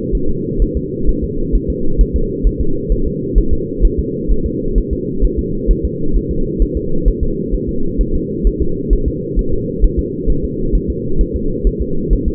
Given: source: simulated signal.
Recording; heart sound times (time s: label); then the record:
fetal heart sounds
0.15 s: S1
0.30 s: S2
0.62 s: S1
0.77 s: S2
1.09 s: S1
1.24 s: S2
1.55 s: S1
1.70 s: S2
2.01 s: S1
2.16 s: S2
2.47 s: S1
2.61 s: S2
2.92 s: S1
3.07 s: S2
3.38 s: S1
3.53 s: S2
3.85 s: S1
3.99 s: S2
4.31 s: S1
4.46 s: S2
4.78 s: S1
4.93 s: S2
5.25 s: S1
5.39 s: S2
5.71 s: S1
5.85 s: S2
6.16 s: S1
6.31 s: S2
6.62 s: S1
6.77 s: S2
7.08 s: S1
7.23 s: S2
7.54 s: S1
7.69 s: S2
8.01 s: S1
8.15 s: S2
8.47 s: S1
8.62 s: S2
8.93 s: S1
9.08 s: S2
9.39 s: S1
9.53 s: S2
9.84 s: S1
9.99 s: S2
10.30 s: S1
10.44 s: S2
10.75 s: S1
10.90 s: S2
11.21 s: S1
11.36 s: S2
11.67 s: S1
11.82 s: S2
12.13 s: S1
12.28 s: S2
From the record:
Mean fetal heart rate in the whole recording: 130 bpm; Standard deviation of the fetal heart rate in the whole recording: 2 bpm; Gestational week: 36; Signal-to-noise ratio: -8.1 dB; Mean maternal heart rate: 72 bpm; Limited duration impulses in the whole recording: absent